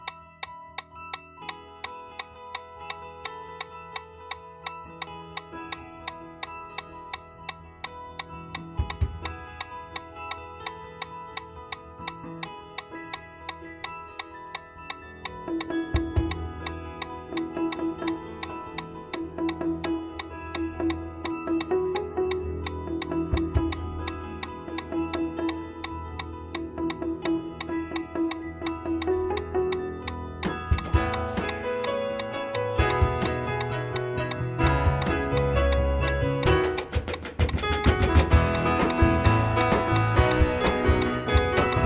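A metronome ticks steadily at about 170 beats per minute, set for running, over sustained musical tones. Around fifteen seconds a low bass layer enters, and after thirty seconds the sound grows denser and brighter, swelling to its fullest near the end.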